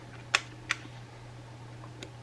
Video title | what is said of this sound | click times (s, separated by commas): How to set up a trail camera - Browning | Push it in until it clicks. | 0.4 s